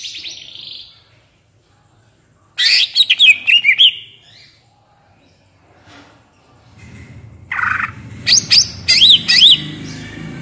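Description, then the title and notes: Greater green leafbird song: bursts of loud, varied chirps and whistled slurs, one near the start and another after a pause, with a low hum underneath later. Actively singing (gacor, ngentrok) greater green leafbird with crest raised (jambul nembak), described as melodious; suited as masteran, a tutor for training captive greater green leafbirds. "Cucak Ijo Gacor Ngentrok Jambul Nembak. suara burung cucak ijo gacor, merdu cocok buat masteran burung cucak ijo"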